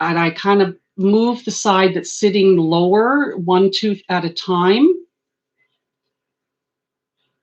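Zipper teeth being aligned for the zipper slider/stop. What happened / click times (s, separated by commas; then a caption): No seating click; only talking during handling before the push / none. Someone talks while holding the zipper tape with a finger and shifting the lower side one tooth at a time to even up the zipper teeth before the zipper slider is pushed on. Speech fills the first five seconds, followed by silence. The slider has not been pushed down yet, and nothing has clicked.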